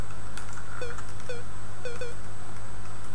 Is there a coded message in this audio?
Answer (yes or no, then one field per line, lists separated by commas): no